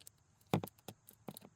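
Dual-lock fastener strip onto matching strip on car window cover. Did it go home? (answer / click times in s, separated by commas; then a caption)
yes / 0.5 s. Two mushroom-head dual-lock reclosable fastener strips are pressed together on a fabric window cover for a Prius camper, giving a sharp snap at 0.5 s as they seat. A few softer snaps and taps follow near 0.7, 0.9 and 1.4 s. The strips are joined and snapped into place.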